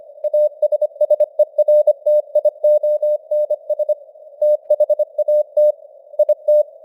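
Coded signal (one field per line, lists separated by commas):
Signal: Morse code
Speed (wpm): 25 wpm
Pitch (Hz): 600 Hz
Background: none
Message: ASSERTIONS THAT IT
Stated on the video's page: Morse code news at 25 wpm with simulated radio noise and fading signal strength.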